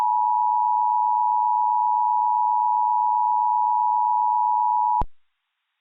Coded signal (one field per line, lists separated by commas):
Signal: Emergency Alert System (SAME) tones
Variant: 853 and 960 Hz attention tone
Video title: (EAS Scenario / Analog Horror) - Liminality